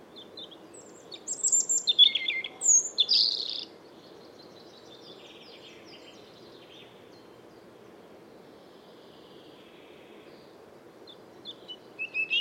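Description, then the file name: European robin song: a burst of thin, high, rapidly varied warbling notes and trills for a few seconds, a long pause, then another high phrase begins. "Erithacus rubecula"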